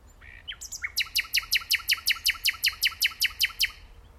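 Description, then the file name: Common nightingale singing: brief soft introductory notes followed by a rapid, regular rattle of loud repeated chips lasting nearly three seconds. "Luscinia megarhynchos"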